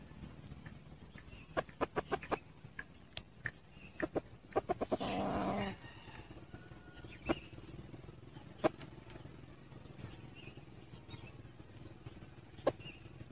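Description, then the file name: Red junglefowl giving a short, harsh sustained call after a run of sharp clucks, with scattered single clucks following over background noise. Wild male (rooster) crowing to call hens. "tieng ga trong rung gay goi ga"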